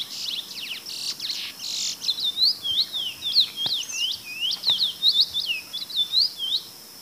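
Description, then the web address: Chestnut-bellied seed finch calls and song: a rapid run of high, sweet, slurred chirps and whistled notes. South America, eastern lowlands; both calls and song. "Natures Songs S America Eastern Lowlands. Oryzoborus angolensis, calls and song"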